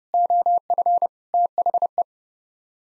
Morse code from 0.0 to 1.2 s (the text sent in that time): OF